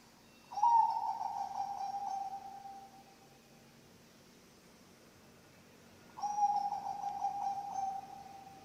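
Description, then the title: Zebra dove cooing song: two rolling, purring phrases about six seconds apart, each opening with a brief sharp note, then a steady fluttering tone that fades out. Bangkok-type zebra dove (perkutut) song, played for training other birds (masteran) and for luring (pancingan). "mster Mnuk. SUARA OCEHAN BURUNG PERKUTUT BANGKOK Untuk MASTERAN dan PANCINGAN"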